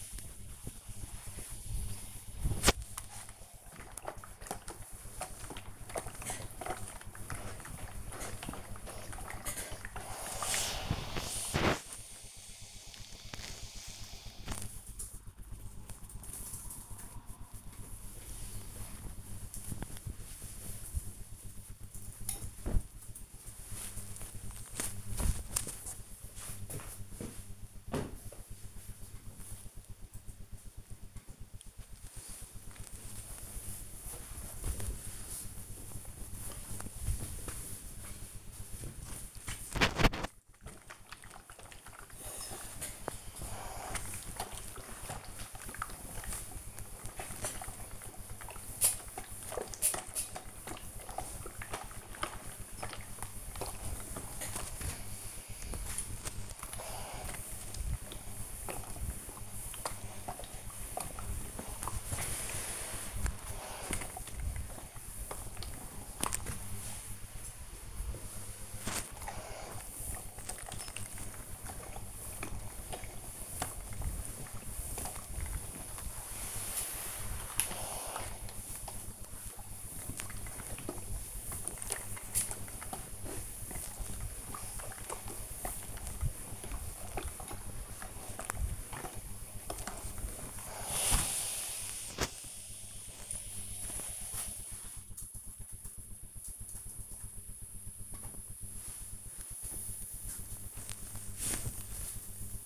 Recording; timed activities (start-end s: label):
household activities, microphone on the right wrist
0.00-12.49 s: ironing laundry
17.52-28.55 s: folding laundry
30.57-92.74 s: ironing laundry
97.76-102.66 s: folding laundry